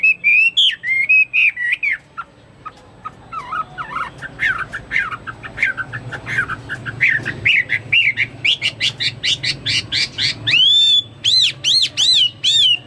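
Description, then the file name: Chinese hwamei song: varied whistled phrases, a softer patter of notes in the middle, then loud rapid repeated whistles at the end. "omkicau hwamei"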